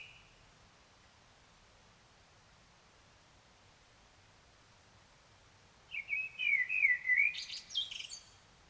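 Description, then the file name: Common blackbird singing one phrase after six seconds of quiet: low mellow fluted warbling that ends in a higher, scratchy twittering flourish. "Turdus merula"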